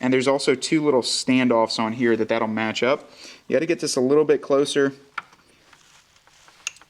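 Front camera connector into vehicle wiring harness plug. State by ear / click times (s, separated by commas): seated / 6.7 s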